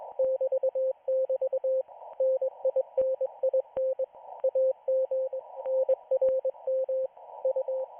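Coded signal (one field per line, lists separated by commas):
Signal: Morse code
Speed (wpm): 20 wpm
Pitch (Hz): 520 Hz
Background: radio noise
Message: <BT><BT> NININ AM NRM U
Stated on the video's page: Israeli Navy radio station broadcasting daily Morse radiograms to its correspondents on the 40-meter band.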